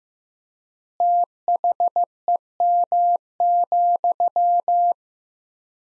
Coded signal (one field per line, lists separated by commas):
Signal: Morse code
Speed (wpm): 15 wpm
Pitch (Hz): 700 Hz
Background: none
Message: THEM,